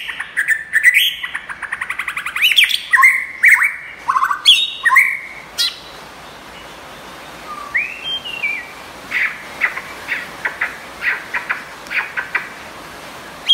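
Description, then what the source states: White-rumped shama song: rich varied phrases of whistles and sweeping notes in quick bursts, then softer scattered notes including a rising whistle and repeated chirps. Champion bird from a singing contest.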